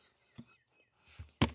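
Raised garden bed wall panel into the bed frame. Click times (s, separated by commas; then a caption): 1.4 s. A metal raised garden bed wall panel is pushed further into the bed frame, with a faint tap at 0.4 s and a soft shuffle around 1.2 s. A sharp, loud click follows at 1.4 s as the panel snaps home. The panel is confirmed seated in the frame.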